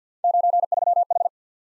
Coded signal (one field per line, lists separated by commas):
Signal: Morse code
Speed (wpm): 49 wpm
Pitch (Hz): 700 Hz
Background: none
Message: 93H